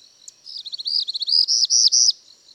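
Bird song, a single high tick followed by a rapid run of high notes that lengthen into slurred, arching phrases near the top of the range, ending abruptly.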